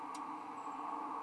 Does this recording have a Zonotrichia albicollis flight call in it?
no